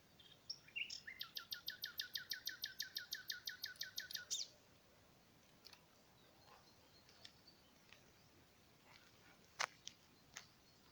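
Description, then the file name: Common nightingale song: a few introductory notes, then a long even series of about twenty loud repeated notes for three seconds, followed by scattered faint clicks. "Luscinia megarhynchos"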